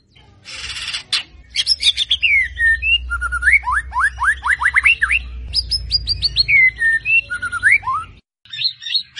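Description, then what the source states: White-rumped shama singing a fast varied string of sharp rising whistles and slurred notes, about four per second, over a low steady hum. White-rumped shama described as gacor, a bird in full, continuous song; meant to make birds respond.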